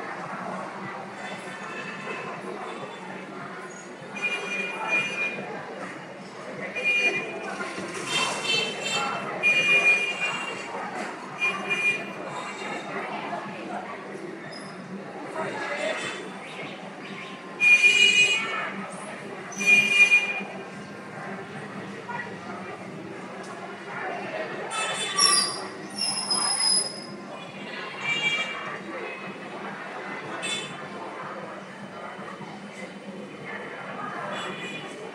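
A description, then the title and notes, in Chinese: Medicine Buddha chanting at Shishi Chan Temple in Xiamen, a steady low drone of murmuring voices running throughout. Louder, brighter swells rise around 8–10 and 18–20 seconds, and high ringing tones sound briefly near 25 seconds. 厦门石室禅院，药师如来。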